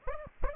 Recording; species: mosquito wingbeat signal from an infrared sensor; Aedes aegypti